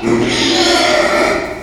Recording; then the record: squeal of a Yucatan mini pig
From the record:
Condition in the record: after surgery on the right vocal fold (resection and tissue-engineered implant); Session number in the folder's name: 2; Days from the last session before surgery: 13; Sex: male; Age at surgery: 12 weeks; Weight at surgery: 13 kg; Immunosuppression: cyclosporine, prednisolone